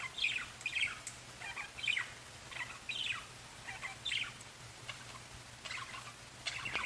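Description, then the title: Budgerigar chirps, short harsh notes roughly once a second over a faint steady hum. "Budgie Sounds"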